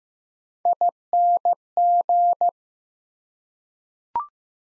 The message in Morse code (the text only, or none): ING